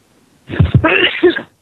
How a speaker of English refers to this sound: Oh, that's a real sneeze.